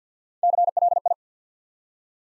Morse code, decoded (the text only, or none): CLI